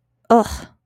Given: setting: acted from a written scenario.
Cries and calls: vocal sound without words; disgust

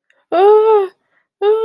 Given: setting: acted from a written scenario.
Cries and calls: vocal sound without words; fear

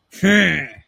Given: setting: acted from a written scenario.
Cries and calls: vocal sound without words; pride

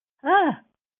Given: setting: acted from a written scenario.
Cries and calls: vocal sound without words; anger

